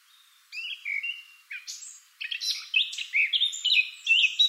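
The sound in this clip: Eurasian blackcap song: a few brief notes, then a busy, scratchy warble of short phrases that grows louder toward the end.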